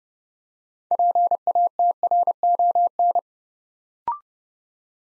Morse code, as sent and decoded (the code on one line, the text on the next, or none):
.--. .- - .-. --- -.
PATRON